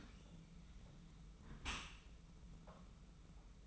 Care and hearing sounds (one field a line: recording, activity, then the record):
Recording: daily activity, microphone in the room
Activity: close dishwasher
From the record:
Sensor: 1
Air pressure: 991.4 hPa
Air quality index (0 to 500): 121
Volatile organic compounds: 219 ppm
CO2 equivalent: 4274 ppm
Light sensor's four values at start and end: 40/125/49/51 and 40/125/49/51